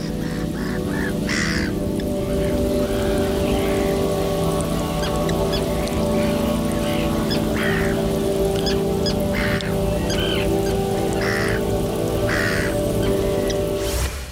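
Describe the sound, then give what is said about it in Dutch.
Gulls and other birds call repeatedly in short bursts over a steady, loud hum at the harbour of Terschelling, the cries scattered irregularly throughout with no one speaking. “Ja, en je hoort vogels, meeuwen. Dus het is wel echt een soort haven.”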